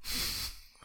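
A female dog named Shorty snoring loudly in the background of an indoor room, lying close by at someone's feet: one loud, breathy snore lasting about half a second, then quiet.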